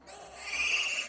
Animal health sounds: pig call; piglet (1 to 25 days)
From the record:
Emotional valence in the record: negative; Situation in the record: castration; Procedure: castration, fixation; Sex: male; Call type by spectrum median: high-frequency call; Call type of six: high-frequency modulated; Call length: 1.09 s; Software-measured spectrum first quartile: 2546 Hz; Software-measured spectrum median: 3310 Hz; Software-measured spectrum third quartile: 7332 Hz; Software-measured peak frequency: 2736 Hz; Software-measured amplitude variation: 121 dB a second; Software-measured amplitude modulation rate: 19.7 a second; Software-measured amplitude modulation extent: 6.1 dB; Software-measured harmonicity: 4.6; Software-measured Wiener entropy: -2.13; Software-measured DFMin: 1310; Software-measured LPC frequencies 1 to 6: 958, 2464, 2769, 4594, 5329, 6296 Hz

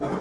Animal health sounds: pig call; growing-finishing pig (85 days or more)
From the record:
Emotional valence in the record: positive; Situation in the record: run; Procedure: transit

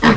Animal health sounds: pig call; piglet (1 to 25 days)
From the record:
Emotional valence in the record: positive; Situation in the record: reunion after long isolation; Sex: female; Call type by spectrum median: low-frequency call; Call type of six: low-frequency tonal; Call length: 0.17 s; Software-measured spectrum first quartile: 262 Hz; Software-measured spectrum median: 724 Hz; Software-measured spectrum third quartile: 1640 Hz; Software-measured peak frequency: 220 Hz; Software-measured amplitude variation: 129 dB a second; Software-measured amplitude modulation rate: 9.0 a second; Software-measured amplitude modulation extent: 14.3 dB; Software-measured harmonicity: 1.1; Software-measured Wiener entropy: -1.27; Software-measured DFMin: 986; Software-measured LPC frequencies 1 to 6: 1099, 1820, 3215, 3932, 5025, 6050 Hz

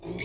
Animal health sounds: pig call; weaner (32 to 43 days)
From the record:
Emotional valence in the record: negative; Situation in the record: short isolation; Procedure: open field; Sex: female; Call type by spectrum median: low-frequency call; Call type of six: mixed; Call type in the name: high-frequency modulated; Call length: 0.25 s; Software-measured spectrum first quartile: 322 Hz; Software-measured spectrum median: 2096 Hz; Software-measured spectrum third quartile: 4608 Hz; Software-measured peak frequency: 365 Hz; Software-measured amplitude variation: 151 dB a second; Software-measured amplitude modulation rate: 18.0 a second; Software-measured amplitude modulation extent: 8.4 dB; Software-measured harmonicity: 3.5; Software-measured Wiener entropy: -3.19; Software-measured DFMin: 1050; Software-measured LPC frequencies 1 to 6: 385, 2226, 3537, 4292, 5173, 5859 Hz

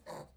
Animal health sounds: pig call; piglet (1 to 25 days)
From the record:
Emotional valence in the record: negative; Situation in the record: restrain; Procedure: back test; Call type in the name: low-frequency call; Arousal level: maximum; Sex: male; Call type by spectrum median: low-frequency call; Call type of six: low-frequency stable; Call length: 0.37 s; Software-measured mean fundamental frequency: 55 Hz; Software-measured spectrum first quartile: 466 Hz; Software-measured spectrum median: 801 Hz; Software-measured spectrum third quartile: 1651 Hz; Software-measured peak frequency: 527 Hz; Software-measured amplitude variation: 176 dB a second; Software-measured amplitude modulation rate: 20.1 a second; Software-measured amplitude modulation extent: 8.8 dB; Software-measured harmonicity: 1.2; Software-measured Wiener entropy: -1.27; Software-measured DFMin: 766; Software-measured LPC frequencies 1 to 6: 640, 1911, 3947, 4514, 6019, 7129 Hz

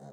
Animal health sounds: pig call; piglet (1 to 25 days)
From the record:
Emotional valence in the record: negative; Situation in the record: long isolation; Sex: female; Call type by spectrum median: low-frequency call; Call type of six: low-frequency stable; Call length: 0.13 s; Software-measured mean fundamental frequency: 70 Hz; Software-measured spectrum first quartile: 177 Hz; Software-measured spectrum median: 398 Hz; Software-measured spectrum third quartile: 712 Hz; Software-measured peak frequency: 682 Hz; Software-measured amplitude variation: 43 dB a second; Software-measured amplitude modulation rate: 19.5 a second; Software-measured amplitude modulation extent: 2.2 dB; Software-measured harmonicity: 0.1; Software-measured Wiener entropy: 0.05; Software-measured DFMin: 1073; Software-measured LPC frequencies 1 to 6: 666, 1566, 3915, 5052, 6285, 7481 Hz

